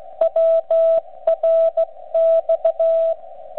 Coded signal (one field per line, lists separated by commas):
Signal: Morse code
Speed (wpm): 15 wpm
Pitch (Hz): 660 Hz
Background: none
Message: WRX